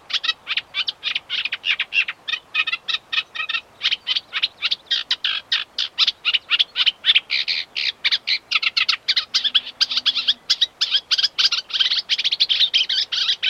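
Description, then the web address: Warbler song, a dense rapid stream of scratchy high notes running without pause, with a brief low hum midway. Unmated male singing, with very distant cows, recorded around 19:00. "warbler song of unmated male with very distant cows recorded approx 1900 hrs"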